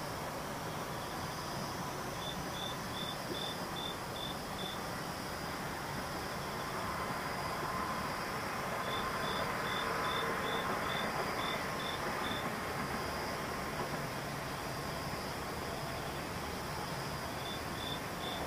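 Insects call in short, evenly spaced high chirps that come in runs of several pulses, around 2 to 5 seconds, again from 9 to 12 seconds, and at the very end. Beneath them runs a steady, dense rumble like passing traffic or a train.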